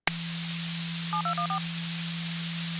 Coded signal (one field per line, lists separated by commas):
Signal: DTMF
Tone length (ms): 100 ms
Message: 7214